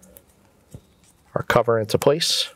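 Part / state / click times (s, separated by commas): plastic wire cover onto speaker grille / not seated / none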